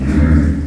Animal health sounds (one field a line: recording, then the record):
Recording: squeal of a Yucatan mini pig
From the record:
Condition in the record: after surgery on the right vocal fold (resection and tissue-engineered implant)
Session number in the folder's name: 7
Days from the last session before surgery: 47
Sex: female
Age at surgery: 19 weeks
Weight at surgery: 25 kg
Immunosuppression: prednisolone